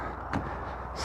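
A plastic top cap is angled down over the joint where the metal top rails of an above-ground pool meet, then pushed until it snaps into place. A single short, sharp snap at 0.3 s rises clearly above a steady low background noise. The cap seats firmly on the rail joint.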